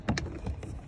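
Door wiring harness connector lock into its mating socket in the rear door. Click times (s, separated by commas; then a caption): 0.2 s. On an Opel Astra J rear door, the door wiring harness connector is threaded through and its plastic locking lever is pulled into its mating socket. A sharp click at 0.18 s marks the lock seating, with another loud tick just before it and fainter ticks later in the second. The connector lock is seated in place.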